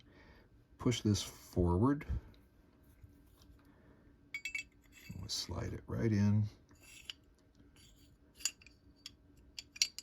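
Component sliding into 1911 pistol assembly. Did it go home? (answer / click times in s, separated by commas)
yes / 9.8 s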